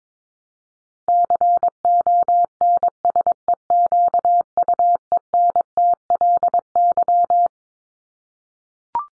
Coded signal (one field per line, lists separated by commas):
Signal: Morse code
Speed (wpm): 22 wpm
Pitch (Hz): 700 Hz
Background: none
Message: CONSEQUENTLY